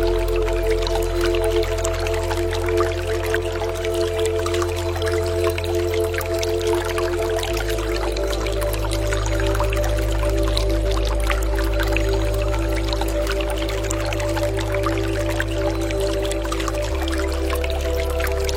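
A stream trickles and ticks in dense, fine splashes over a steady low drone that shifts pitch twice, near eight and seventeen seconds.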